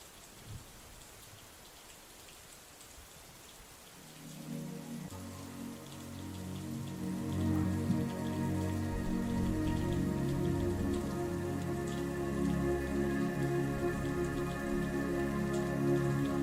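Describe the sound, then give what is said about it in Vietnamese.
Soft, steady drizzle hisses alone for a few seconds, then a low sustained tonal hum swells in and keeps going beneath the continuous patter of light rain. “Lão Lộc sung sướng, cắp đồ đạc rời khỏi ống cống, mặc cho cơn mưa vẫn cứ giả dích.”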